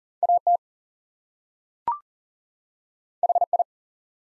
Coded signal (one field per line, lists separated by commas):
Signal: Morse code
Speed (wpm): 40 wpm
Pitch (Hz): 700 Hz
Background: none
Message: AT HI